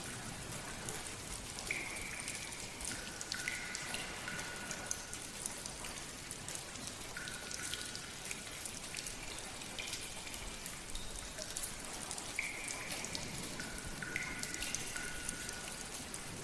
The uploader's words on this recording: Thunderstorm and Rain from a Cave. Echoing, Dripping Cave to go along with the soothing Thunderstorms.